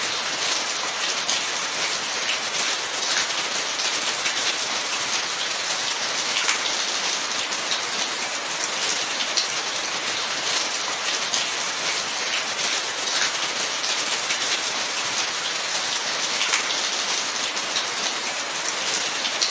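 Rain falls steadily off tiled eaves in a dense, hissing curtain, bright, with almost no low rumble. Fine patter and tiny taps run throughout, holding at an even level for the full twenty seconds with no pauses or changes.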